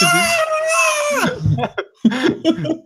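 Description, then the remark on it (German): A voice imitates the screaming from a Zalando advert, a long, high-pitched scream that wavers and breaks off after about a second, followed by a few gasping, laughing vocal bursts. “Ja, wie bei Zalando mit dem Schreien, aber das ist dann nicht vom Glück, sondern weil das wirklich passiert ist.”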